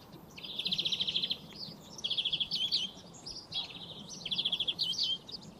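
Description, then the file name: European greenfinch song: fast rattling trills ending in twittered notes, several phrases in quick succession against faint background hiss. "Chloris chloris"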